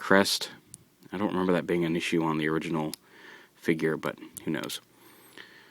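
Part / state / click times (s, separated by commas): plastic abdomen pieces on a dinosaur robot toy figure / not seated / none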